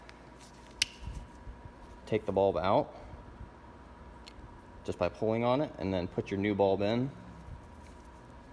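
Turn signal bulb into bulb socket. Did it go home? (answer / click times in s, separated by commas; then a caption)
no / none. A new wedge-base turn signal bulb is being handled for a plastic socket on a 2016–2018 Honda Civic after the old bulb was pulled out. Someone talks over faint handling noise with a sharp tap near 0.8 s. Nothing has seated or clicked into the socket yet.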